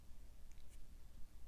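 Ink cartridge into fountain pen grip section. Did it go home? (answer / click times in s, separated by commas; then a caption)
no / none. A black ink cartridge is held and lined up with a fountain pen's grip section, ready to be pressed in. Only faint, low handling rustle is heard, with a brief soft tick near 0.5 seconds. The cartridge has not seated or clicked yet.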